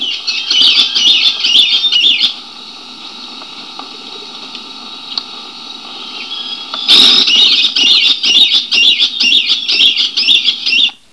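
Caique producing harsh, rapid, high-pitched squawks and chatter in two bursts, separated by a quieter stretch of a few seconds.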